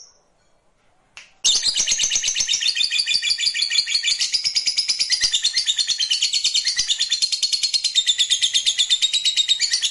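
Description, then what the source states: Lovebird: after a quiet second and a click, a lovebird launches into a sustained, high, buzzy trill of rapid repeated notes that continues to the end. Fighter lovebird performing ngekek panjang (long ngekek).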